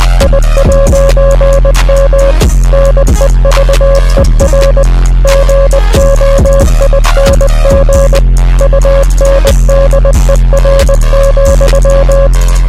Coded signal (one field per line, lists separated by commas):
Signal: Morse code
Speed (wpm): 20 wpm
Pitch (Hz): 550 Hz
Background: music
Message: I'M NEVER GOING UNDER,